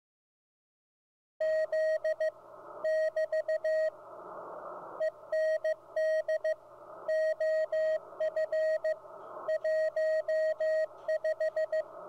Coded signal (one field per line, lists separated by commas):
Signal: Morse code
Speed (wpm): 15 wpm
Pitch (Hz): 630 Hz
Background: radio noise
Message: Z <BT> END OF 15